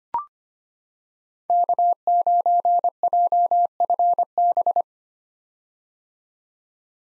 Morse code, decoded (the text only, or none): K9JFB